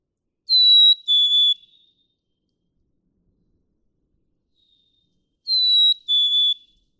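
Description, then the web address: Black-capped chickadee whistled song, a pure high note falling to a slightly lower second note, given twice about five seconds apart with quiet between. "birdsongforthecurious Black-capped Chickadee"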